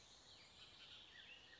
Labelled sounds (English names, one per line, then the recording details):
Bullock's Oriole
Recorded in Sonoma County, California